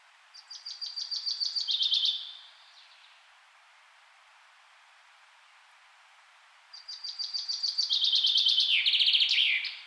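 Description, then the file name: Common chaffinch singing two trilled song phrases that step down in pitch, separated by a pause, the second longer and ending in a flourish. "Fringilla coelebs"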